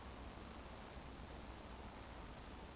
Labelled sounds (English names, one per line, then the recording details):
Eurasian Woodcock whistle
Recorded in Baden-Württemberg, Germany, on 12 June 2020 at 20:37 UTC
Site 14569, 102 m above sea level